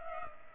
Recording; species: mosquito wingbeat signal from an infrared sensor; Culex pipiens